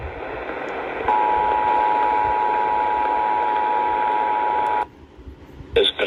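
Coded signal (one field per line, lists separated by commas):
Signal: Emergency Alert System (SAME) tones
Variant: 853 and 960 Hz attention tone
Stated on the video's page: Required monthly test relayed on four New Jersey broadcast stations, FM and AM.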